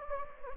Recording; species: mosquito wingbeat signal from an infrared sensor; Anopheles gambiae